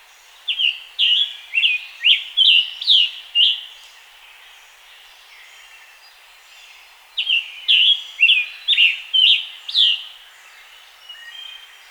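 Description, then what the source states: Scarlet tanager song, two bouts of slurred, raspy notes, each note dropping quickly, with a long quiet gap between bouts. Scarlet tanager singing in its environment, Pennsylvania.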